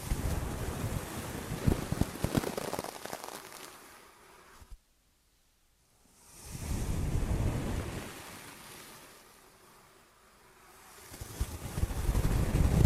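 Ear and scalp massage heard as dense, muffled rubbing that surges and fades in waves, low and rumbling like wind on a microphone. A near-silent gap falls around five to six seconds, then the rubbing swells back, eases off, and rises again at the end.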